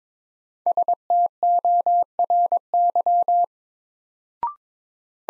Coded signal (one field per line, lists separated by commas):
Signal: Morse code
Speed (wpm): 22 wpm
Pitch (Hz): 700 Hz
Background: none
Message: STORY